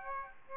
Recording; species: mosquito wingbeat signal from an infrared sensor; Aedes aegypti